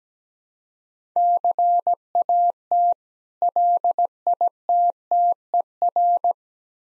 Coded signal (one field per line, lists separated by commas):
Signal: Morse code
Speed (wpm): 17 wpm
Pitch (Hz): 700 Hz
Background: none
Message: CAT LITTER